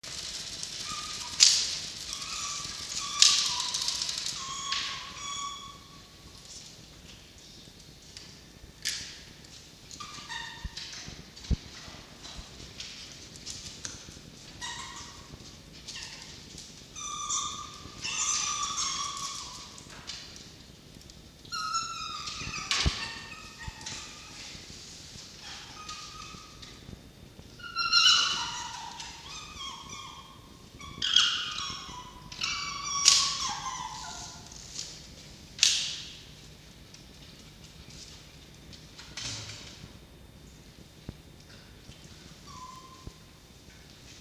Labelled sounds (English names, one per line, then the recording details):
Red Fox
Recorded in captivity
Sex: male
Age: juvenile
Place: Zoologisches Institut der HUB, Berlin, DE
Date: 1953-06-30 13:10
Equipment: Elmetra
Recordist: Tembrock, Günter